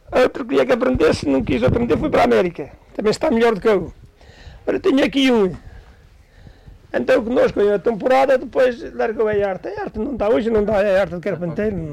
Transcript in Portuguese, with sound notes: Outro, queria que aprendesse, não quis aprender, foi para a América. Também está melhor do que eu! Agora tenho aqui um, [pausa] andou connosco aí uma temporada, depois largou a arte. A arte não dá. Hoje não dá a arte de carpinteiro.